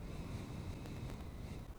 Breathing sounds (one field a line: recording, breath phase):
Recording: one breath near a microphone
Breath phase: exhalation